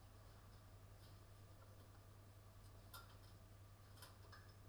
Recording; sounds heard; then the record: poultry house recording; no chicken sound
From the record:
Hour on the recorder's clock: 21